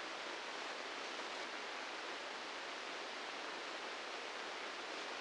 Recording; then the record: brain microelectrode recording played as sound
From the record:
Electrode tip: inside the subthalamic nucleus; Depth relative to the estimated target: -3 mm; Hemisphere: right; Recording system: NeuroSet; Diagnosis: Parkinson's disease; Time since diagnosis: 15 years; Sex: female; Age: 59 years